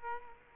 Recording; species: mosquito wingbeat signal from an infrared sensor; Culex quinquefasciatus